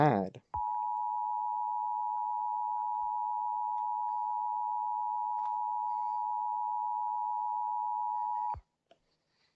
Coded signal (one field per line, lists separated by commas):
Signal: Emergency Alert System (SAME) tones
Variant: 853 and 960 Hz attention tone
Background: speech